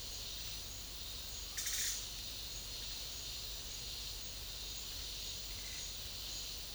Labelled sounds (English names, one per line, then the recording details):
none
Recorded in pastures near Puerto Asís, Putumayo, Colombia, on 28 February 2025 at 12:00
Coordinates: 0.502, -76.324
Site GP07